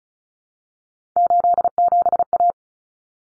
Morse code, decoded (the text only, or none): 87A